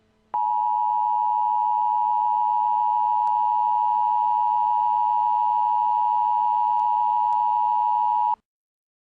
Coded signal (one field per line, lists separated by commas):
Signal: Emergency Alert System (SAME) tones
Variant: 853 and 960 Hz attention tone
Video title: EAS Scenario: Nightmare On The New ZomYork